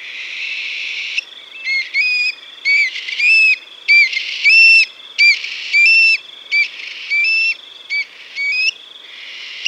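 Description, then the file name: Eurasian stone-curlew calls: a series of clear, whistled notes, some flat and some rising, given in short bursts with brief pauses over a steady high hiss. "Tjockfot"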